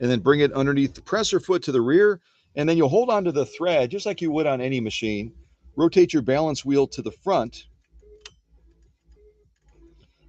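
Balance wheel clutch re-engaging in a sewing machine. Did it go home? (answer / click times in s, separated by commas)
yes / 8.3 s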